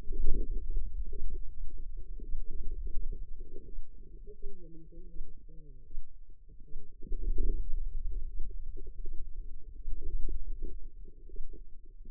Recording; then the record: forearm muscle sounds (acoustic myography)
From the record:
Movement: hand opening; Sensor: system 2, bracelet of six BSWA MPA416 microphones around the upper forearm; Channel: 1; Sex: female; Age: 25 years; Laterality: right